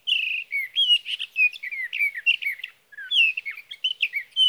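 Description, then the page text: Sage thrasher song: a fast, continuous run of warbled, slurred whistled phrases, with one short pause near three seconds before the jumble resumes. Male singing through the night near his night roost, evening of June 12 to morning of June 15, 2018, Sierra Valley, California; Swift recorder. "61. Sage thrasher songs, through the night. For three nights, from the evening of June 12 to the morning of June 15, 2018, in Sierra Valley, California, I placed a Swift recorder (see "Recording birdsong") near a male's night roost."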